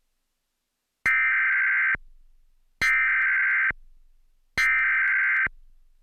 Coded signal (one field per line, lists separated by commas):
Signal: Emergency Alert System (SAME) tones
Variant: header bursts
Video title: EAS Alert - Strange Tornado Warning for Centre County (Weatheradio Voice, Not Comcast!)